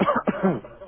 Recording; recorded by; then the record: voluntary cough; telephone call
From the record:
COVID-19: positive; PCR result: checked with the laboratory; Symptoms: yes